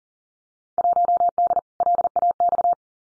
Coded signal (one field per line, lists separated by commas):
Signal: Morse code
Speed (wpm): 41 wpm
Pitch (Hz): 700 Hz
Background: none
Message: 1D LAX